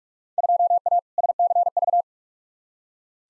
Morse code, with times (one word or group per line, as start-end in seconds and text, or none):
0.4-1.0 2A
1.2-2.0 SCV